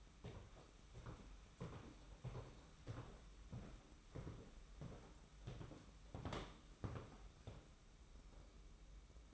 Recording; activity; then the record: daily activity, microphone in the room; walk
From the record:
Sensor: 1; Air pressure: 991.6 hPa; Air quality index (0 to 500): 170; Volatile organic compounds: 1000 ppm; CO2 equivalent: 6420 ppm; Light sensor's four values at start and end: 31/102/40/40 and 30/100/39/41